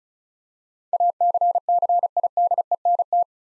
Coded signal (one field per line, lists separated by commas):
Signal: Morse code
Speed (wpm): 36 wpm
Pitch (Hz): 700 Hz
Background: none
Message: ACCIDENT